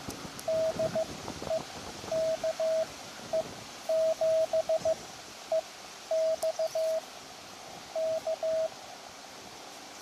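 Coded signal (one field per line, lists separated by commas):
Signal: Morse code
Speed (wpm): 15 wpm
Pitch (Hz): 640 Hz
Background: radio noise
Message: DE KE7EX K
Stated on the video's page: Live portable QRP CW park operation with an Elecraft KX2 and HyEndFed antenna, making contact after contact.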